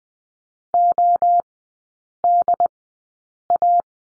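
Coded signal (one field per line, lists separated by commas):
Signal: Morse code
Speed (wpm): 20 wpm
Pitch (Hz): 700 Hz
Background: none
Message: ODA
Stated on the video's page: Morse course lesson on the letter D, three-character groups at Farnsworth 20/10 wpm.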